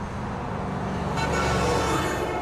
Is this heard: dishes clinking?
no